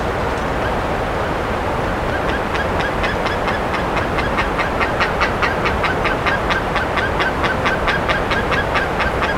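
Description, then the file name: Bird starts after a quiet opening and then calls continuously with brisk, buzzy notes, a little over two per second, above a steady wash of noise. "SABIOD 50 bird 2015"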